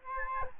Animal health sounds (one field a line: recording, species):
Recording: mosquito wingbeat signal from an infrared sensor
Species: Aedes albopictus